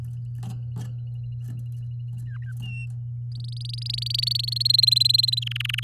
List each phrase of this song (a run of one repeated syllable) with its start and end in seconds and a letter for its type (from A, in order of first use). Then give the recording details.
2.27-2.53 A, 2.62-2.86 B, 3.32-4.67 C, 4.69-5.39 D, 5.42-5.84 E. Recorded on 7 May 2018 at 05:53. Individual llb16